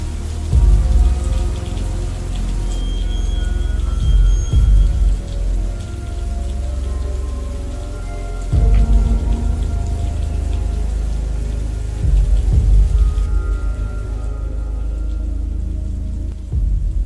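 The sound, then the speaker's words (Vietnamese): Heavy rain pours down steadily over the village of Thảo Hòa in a dense, loud hiss, with deep low rumbling gusts swelling at intervals; no voices are present. “Trận mưa trút xuống làng Thảo Hòa to lắm.”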